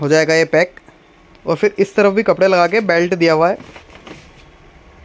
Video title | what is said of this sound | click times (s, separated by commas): kamiliant Trolly bag Review - kamiliant Rocklite review - Trolly bag review - hard luggage review | से इसे lock हो जाता है ये | 4.1 s